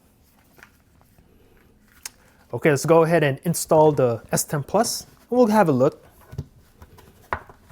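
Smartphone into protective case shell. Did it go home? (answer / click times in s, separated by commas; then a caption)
yes / 7.3 s. A Samsung Galaxy S10 Plus is pressed into a Ringke wallet-style case with a plastic inner shell while someone talks. A few faint clicks and handling noises follow the talking, then a sharp snap at 7.3 s as the phone seats snugly in the shell.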